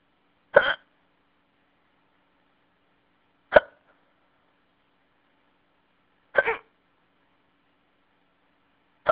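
Four short, sharp hiccups about three seconds apart, roughly twenty a minute, with silence between them, heard on a phone message.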